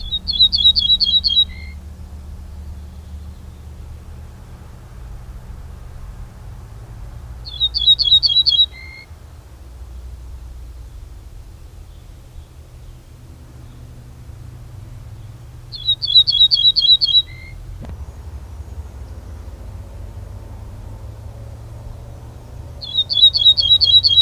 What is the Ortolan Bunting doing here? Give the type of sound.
song